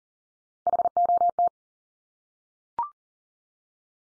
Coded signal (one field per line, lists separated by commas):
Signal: Morse code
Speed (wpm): 40 wpm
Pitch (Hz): 700 Hz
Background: none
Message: HOT